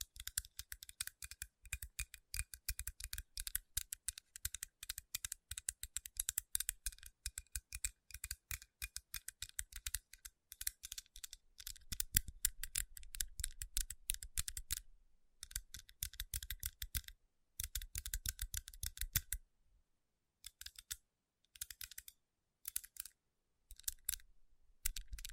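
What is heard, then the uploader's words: Fingers tap and rub over rhinestone-covered palms in fast, dense clusters of crisp clicks with a bright, scratchy edge and some low thumps. The tapping runs almost continuously for fifteen seconds, then breaks into shorter bursts separated by brief silences. Tapping & Rubbing Rhinestone Covered Palms.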